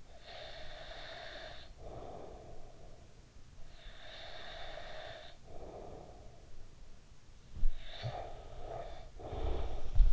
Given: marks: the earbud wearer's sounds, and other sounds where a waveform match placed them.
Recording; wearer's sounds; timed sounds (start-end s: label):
sounds in sleep by an in-ear microphone; breath
0.00-3.31 s: breath
3.51-6.40 s: breath
7.76-10.13 s: breath